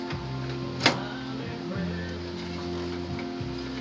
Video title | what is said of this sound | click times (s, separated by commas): How to Replace a Lamp in a Rear Projection TV | clicked so see it's not coming out now | 0.9 s